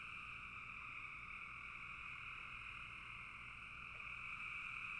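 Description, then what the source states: Frogs trilling together in a thick, continuous chorus, growing a little louder toward the end. Frogs in a bog.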